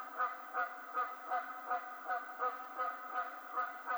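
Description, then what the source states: Canada goose honks repeated evenly, about eleven nasal calls in quick succession, each short and rich in harmonics. Recorded 20 March 2007.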